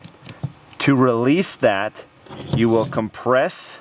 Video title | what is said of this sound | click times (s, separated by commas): Amazon CVLife bipod vs Accu-tac. Does it hold up? | So, how they work, when you want to extend, it's just a direct pull and they'll very easily click into place on where you want them to go. | 0.1 s, 0.3 s